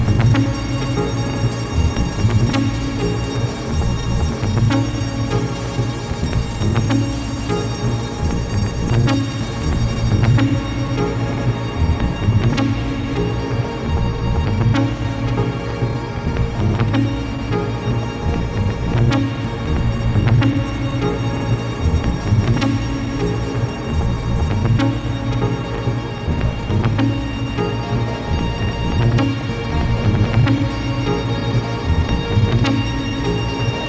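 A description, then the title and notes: A synthesised soundscape of dense, steady low tones that churn and pulse in a loose repeating pattern. Soft clicks and ticks scatter throughout, and a faint high hiss thins out after the first ten seconds, while the overall level stays even. A synthesised soundscape.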